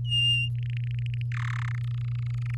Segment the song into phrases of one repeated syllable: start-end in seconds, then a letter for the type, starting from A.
0.04-0.48 A, 0.55-1.22 B, 1.32-1.69 C, 1.71-2.57 D